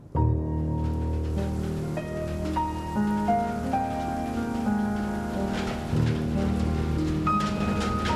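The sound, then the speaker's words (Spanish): Steady rain pours down with a constant low rumble of thunder beneath it, while sustained musical tones shift pitch over the top. No one speaks. “Tenía días de estar tronando el cielo hasta que por fin se vino el agua.”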